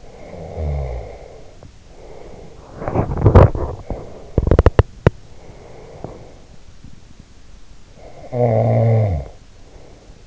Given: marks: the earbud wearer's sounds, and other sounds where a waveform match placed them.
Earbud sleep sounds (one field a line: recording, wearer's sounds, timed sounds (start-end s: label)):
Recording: sounds in sleep by an in-ear microphone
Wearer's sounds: snoring breath, body movement, teeth grinding, breath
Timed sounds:
0.00-2.77 s: snoring breath
2.77-4.33 s: body movement
4.33-5.17 s: teeth grinding
5.36-6.52 s: breath
7.90-10.27 s: snoring breath